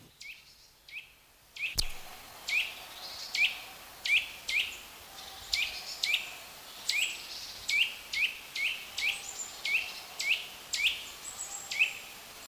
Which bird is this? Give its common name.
Eurasian Nuthatch